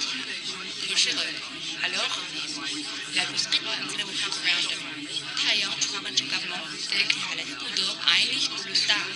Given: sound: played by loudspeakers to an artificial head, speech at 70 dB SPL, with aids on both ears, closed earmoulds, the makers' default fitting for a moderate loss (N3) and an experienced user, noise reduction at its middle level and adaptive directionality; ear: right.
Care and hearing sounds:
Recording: speech test signal (ISTS) in cocktail-party noise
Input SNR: -6 dB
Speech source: on the right (90 degrees)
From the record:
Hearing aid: class 1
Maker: B

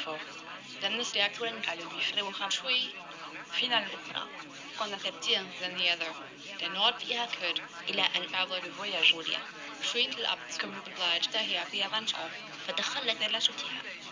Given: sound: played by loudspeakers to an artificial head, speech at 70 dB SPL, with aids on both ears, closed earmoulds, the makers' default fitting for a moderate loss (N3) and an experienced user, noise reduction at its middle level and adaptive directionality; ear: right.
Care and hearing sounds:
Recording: speech test signal (ISTS) in cocktail-party noise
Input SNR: 0 dB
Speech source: on the right (90 degrees)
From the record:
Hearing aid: class 1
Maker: G

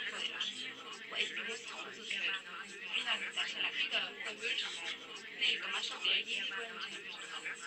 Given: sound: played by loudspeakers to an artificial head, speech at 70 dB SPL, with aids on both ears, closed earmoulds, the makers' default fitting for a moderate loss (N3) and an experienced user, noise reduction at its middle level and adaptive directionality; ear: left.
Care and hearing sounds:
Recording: speech test signal (ISTS) in cocktail-party noise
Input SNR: -6 dB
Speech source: on the right (90 degrees)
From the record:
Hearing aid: class 1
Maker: I

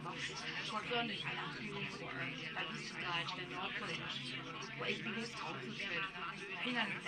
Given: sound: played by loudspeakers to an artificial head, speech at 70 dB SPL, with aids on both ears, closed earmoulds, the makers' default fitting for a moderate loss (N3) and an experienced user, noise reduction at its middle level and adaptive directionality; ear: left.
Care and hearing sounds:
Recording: speech test signal (ISTS) in cocktail-party noise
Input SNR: 0 dB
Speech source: on the right (90 degrees)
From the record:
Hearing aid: class 2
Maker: F

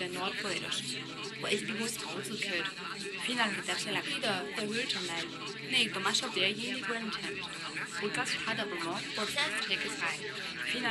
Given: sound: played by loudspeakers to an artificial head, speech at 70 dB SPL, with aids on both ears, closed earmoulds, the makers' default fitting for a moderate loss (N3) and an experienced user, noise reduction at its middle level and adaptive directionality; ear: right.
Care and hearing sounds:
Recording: speech test signal (ISTS) in cocktail-party noise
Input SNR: -3 dB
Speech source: in front (0 degrees)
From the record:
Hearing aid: class 1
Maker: E

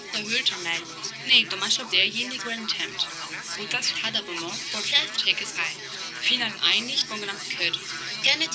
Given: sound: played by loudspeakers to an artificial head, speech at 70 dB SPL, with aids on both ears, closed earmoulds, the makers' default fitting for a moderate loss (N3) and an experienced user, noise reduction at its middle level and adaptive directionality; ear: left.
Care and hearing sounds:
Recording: speech test signal (ISTS) in cocktail-party noise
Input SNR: -3 dB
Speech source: in front (0 degrees)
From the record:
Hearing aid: class 2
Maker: A

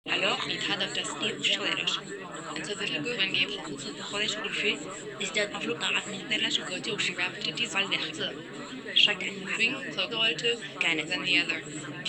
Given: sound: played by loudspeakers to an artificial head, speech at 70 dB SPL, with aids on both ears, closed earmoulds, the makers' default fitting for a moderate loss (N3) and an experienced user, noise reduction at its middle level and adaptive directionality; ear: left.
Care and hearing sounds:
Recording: speech test signal (ISTS) in cocktail-party noise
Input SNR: -3 dB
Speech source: in front (0 degrees)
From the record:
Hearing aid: class 1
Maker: C

